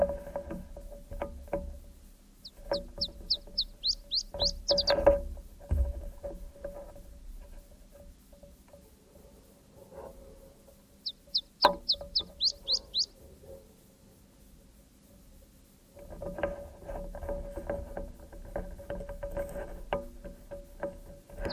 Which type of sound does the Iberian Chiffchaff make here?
song